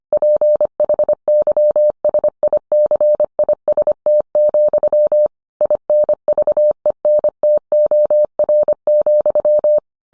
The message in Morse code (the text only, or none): PHYSICIST, INVENTOR,